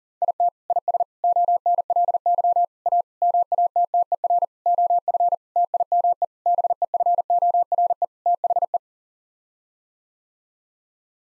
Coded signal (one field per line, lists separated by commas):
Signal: Morse code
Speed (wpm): 40 wpm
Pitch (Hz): 700 Hz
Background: none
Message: IT IS ONLY A MATTER OF TIME BEFORE THE